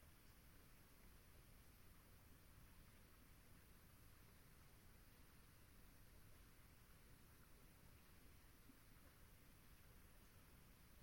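Swamp ambience at dusk: a steady, low-level hiss that never rises or falls over the eleven seconds. A soft rumble sits underneath, with a faint high whine of insects held throughout and no distinct calls or events standing out.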